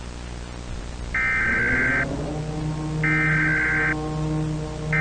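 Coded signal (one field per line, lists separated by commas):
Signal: Emergency Alert System (SAME) tones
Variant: header bursts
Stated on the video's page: Fictional EAS scenario about a made-up parasite outbreak.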